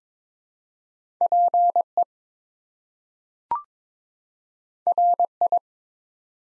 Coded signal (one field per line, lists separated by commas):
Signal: Morse code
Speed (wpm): 22 wpm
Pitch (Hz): 700 Hz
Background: none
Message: PE RI